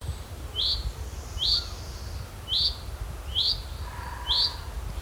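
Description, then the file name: Common chaffinch giving a sharp, high call note again and again, roughly once per second, over low background noise. "Fringilla coelebs"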